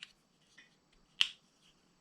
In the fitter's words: and it just snaps into place